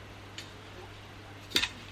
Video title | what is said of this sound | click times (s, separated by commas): Vax Blade 2 Max - Unboxing | you just line that up with the one on the handle, and then that clips into place there, so you know you've got it in the right spot. | 1.6 s